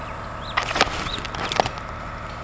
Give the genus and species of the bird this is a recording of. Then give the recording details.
Lamprotornis superbus. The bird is a female. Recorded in Kenya on 3 June 2010. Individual 42, of group MRC1